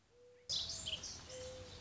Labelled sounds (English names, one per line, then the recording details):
Mourning Dove
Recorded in Sonoma County, California